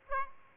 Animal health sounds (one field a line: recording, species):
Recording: mosquito wingbeat signal from an infrared sensor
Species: Aedes aegypti